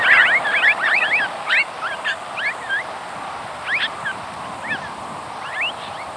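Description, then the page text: Lark bunting flight calls: many short, rising, pure-toned notes from several birds, scattered quickly and overlapping, loudest at the start, over steady background hiss. Flight calls, a low, rising, pure-toned "hooi"; flock taking off; Texas, 14 March 1997. "Lark Bunting Calamospiza melanocorys"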